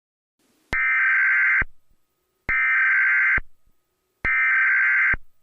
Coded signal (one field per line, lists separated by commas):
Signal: Emergency Alert System (SAME) tones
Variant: header bursts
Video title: EAS scenario #01: The July Flood